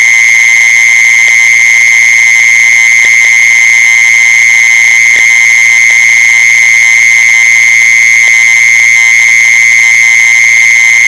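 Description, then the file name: Mole cricket trilling in one steady, unbroken high buzz that holds the same pitch throughout, with a few faint clicks scattered through it. "tieng de trui de chui"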